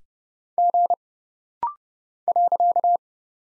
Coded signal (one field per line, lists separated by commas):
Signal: Morse code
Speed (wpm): 30 wpm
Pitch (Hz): 700 Hz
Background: none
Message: G .